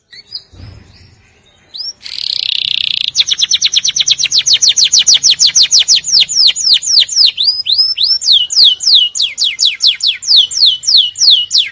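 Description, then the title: Atlantic canary song: after a soft start, a loud buzzy trill gives way to long runs of rapid descending whistled notes, bright and high. "Kenari"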